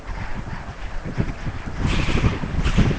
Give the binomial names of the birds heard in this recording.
none